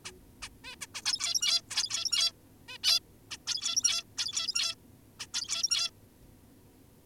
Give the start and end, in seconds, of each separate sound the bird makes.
0.05-0.12, 0.42-0.49, 0.64-0.76, 0.81-0.87, 0.95-1.02, 1.06-1.62, 1.71-2.32, 2.68-2.78, 2.84-3.00, 3.31-3.37, 3.47-4.04, 4.18-4.75, 5.20-5.27, 5.34-5.91